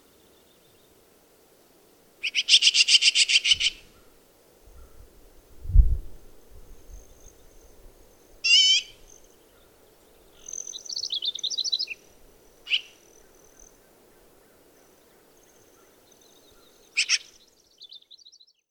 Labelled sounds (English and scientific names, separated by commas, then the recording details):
Black-billed Magpie (Pica hudsonia) call
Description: Black-billed Magpie call recorded in Moraine Park in Rocky Mountain National Park
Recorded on 24 June 2015